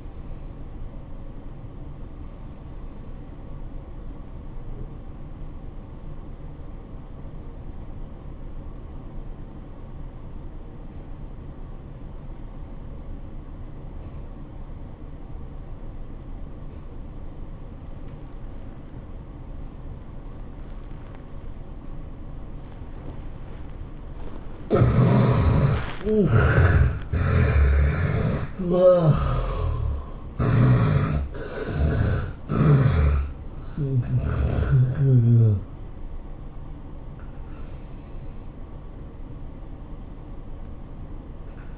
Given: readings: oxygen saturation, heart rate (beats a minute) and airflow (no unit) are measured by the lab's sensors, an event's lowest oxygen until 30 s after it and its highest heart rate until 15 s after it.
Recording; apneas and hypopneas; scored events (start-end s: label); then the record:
breathing in sleep by a smartphone at the bedside; 1
6.00-25.30 s: obstructive apnea (N1, oxygen 96% highest, then 69% lowest, heart rate 89 at the start, 107 highest)
From the record:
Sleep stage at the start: N1 (lightest sleep); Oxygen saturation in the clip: 71 to 96%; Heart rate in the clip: 83 to 107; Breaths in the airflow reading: 5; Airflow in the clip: -15.5 to 11.5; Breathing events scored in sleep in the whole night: 403 in 5.5 hours asleep